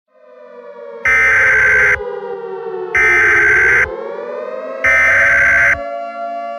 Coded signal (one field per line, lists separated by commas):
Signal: Emergency Alert System (SAME) tones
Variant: header bursts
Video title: EAS Scenario Cooke run: kingdom Dragon Massacre Part 2